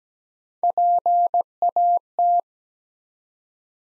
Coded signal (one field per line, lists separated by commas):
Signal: Morse code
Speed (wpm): 17 wpm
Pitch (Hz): 700 Hz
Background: none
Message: PAT